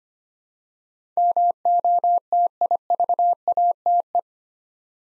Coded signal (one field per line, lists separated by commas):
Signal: Morse code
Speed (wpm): 25 wpm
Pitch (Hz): 700 Hz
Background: none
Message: MOTIVATE